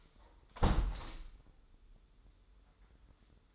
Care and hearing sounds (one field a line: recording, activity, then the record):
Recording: daily activity, microphone in the room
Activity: close window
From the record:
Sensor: 3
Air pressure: 995.7 hPa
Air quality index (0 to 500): 91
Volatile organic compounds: 10 ppm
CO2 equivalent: 2258 ppm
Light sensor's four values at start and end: 28/83/35/30 and 27/82/34/30